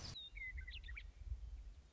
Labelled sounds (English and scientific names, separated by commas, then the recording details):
Western Meadowlark (Sturnella neglecta)
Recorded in Sonoma County, California